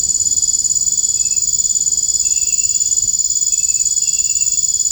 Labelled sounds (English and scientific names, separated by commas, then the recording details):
none
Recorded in dense forest near Puerto Asís, Putumayo, Colombia, on 29 June 2025 at 02:00
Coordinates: 0.481, -76.323
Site G072